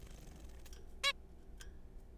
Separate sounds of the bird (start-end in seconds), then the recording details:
1.04-1.13. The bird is a juvenile. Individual R3428